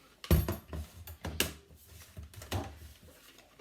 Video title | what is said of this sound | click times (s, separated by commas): Using kitchen equipment | and they will click in | 0.2 s, 1.4 s